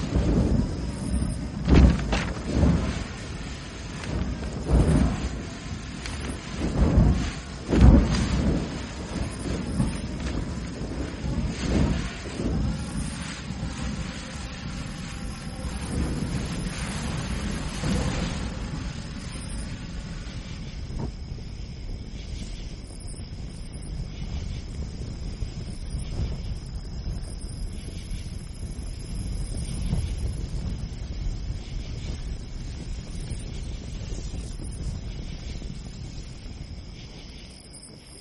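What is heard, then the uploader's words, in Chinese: Wind blows through a pine forest beside a tent. For the first twenty seconds it is gusty, with rough buffeting and heavy thumps around two, five and eight seconds, then it settles into a softer, steady low roar with a faint high whine. 松林里搭帐篷听风。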